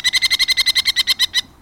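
Merlin giving a fast, steady series of over a dozen harsh, high-pitched notes, then falling silent.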